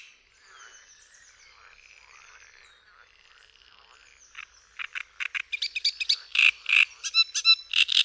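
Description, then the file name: Great reed warbler song: after soft twittering of other birds, rasping croaks begin and speed into a loud, rhythmic series of harsh, grating notes. "TRZCINIAK"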